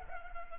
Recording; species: mosquito wingbeat signal from an infrared sensor; Culex pipiens